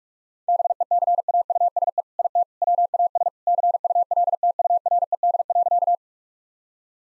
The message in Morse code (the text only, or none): BECAUSE IT WAS CULTURED.